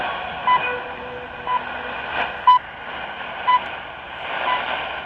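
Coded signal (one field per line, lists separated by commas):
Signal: none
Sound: radio station jingle tones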